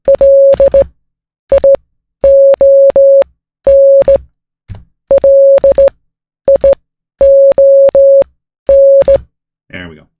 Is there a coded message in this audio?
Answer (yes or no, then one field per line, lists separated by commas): yes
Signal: Morse code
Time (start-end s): 0.1-9.2 s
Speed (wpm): 16 wpm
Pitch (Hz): 550 Hz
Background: speech, music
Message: LION LION